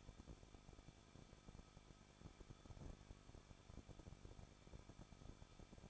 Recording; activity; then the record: daily activity, microphone in the room; no activity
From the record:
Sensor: 5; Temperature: 20.9 degrees Celsius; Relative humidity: 38.3%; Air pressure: 1006.4 hPa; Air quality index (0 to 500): 190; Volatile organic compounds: 20 ppm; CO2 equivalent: 2675 ppm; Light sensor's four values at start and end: 2/3/1/1 and 2/3/1/1